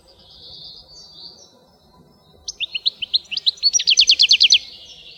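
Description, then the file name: European goldfinch song: a soft drawn-out note, then a fast tinkling run of notes ending in a rapid rhythmic trill. "schegol"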